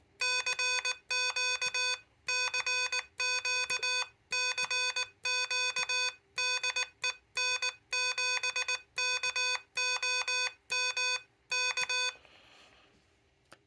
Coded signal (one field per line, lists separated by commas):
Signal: Morse code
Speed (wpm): 19 wpm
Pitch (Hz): 1500 Hz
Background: none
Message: CQ CQ CQ DE N7KOM K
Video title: What's the Best Paddle to Use with the Elecraft KH1?